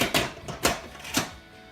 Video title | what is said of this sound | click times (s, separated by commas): How to Pressure Cook Shell 🐚 and Cheese 🧀 in the Pressure Cooker | lock into place, and set it to pressure. | 0.6 s